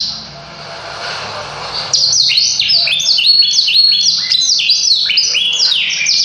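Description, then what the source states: Yorkshire canary song: after a quiet hiss, a bright, fast warble of high rolling trills and upslurred notes starts and runs on without pause. Its song is very long.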